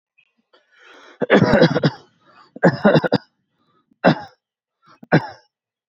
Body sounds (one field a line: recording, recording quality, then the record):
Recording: shallow voluntary cough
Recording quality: excellent, no background noise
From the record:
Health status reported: healthy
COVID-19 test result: not tested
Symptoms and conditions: none ticked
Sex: male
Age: 36 years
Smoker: not ticked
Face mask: not worn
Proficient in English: yes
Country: United States